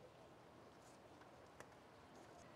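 A plug-in module's plastic connector is pushed into the factory injector harness connector on a 2021 Isuzu D-Max (BT50, 4JJ3 engine). Over a steady low background, one faint, short click at 1.6 s marks the connector clipping firmly into place.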